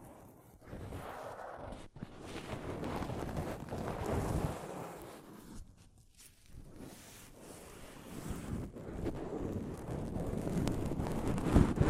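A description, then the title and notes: Soft fabric brushes across a microphone in a steady, dense rustle, mostly low and muffled with some brighter hiss. Brief dips near two and six seconds break the sweeping motion, and the rubbing grows louder toward the end with a few sharper scrapes. ASMR Mic Brushing using Soft Fabric (No Talking).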